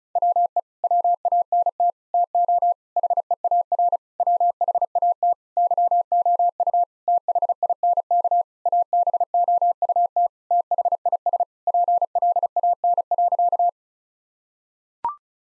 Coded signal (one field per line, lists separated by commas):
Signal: Morse code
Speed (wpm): 34 wpm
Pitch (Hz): 700 Hz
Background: none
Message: WE WANT TO HEAR WHAT YOU THINK ABOUT THIS PLAN.